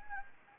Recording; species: mosquito wingbeat signal from an infrared sensor; Anopheles gambiae